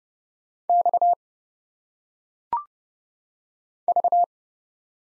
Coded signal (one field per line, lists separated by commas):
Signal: Morse code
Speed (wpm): 30 wpm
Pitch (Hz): 700 Hz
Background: none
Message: X V